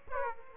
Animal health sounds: mosquito wingbeat signal from an infrared sensor; Aedes aegypti

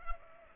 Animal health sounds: mosquito wingbeat signal from an infrared sensor; Culex pipiens

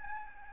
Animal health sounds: mosquito wingbeat signal from an infrared sensor; Aedes albopictus

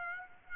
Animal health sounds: mosquito wingbeat signal from an infrared sensor; Aedes aegypti

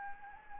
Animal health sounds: mosquito wingbeat signal from an infrared sensor; Anopheles gambiae

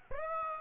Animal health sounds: mosquito wingbeat signal from an infrared sensor; Aedes aegypti

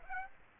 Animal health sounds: mosquito wingbeat signal from an infrared sensor; Aedes aegypti

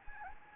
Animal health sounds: mosquito wingbeat signal from an infrared sensor; Anopheles gambiae

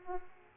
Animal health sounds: mosquito wingbeat signal from an infrared sensor; Culex pipiens

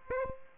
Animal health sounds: mosquito wingbeat signal from an infrared sensor; Aedes aegypti

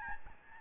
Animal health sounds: mosquito wingbeat signal from an infrared sensor; Aedes albopictus

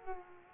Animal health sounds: mosquito wingbeat signal from an infrared sensor; Culex pipiens

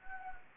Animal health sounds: mosquito wingbeat signal from an infrared sensor; Anopheles gambiae

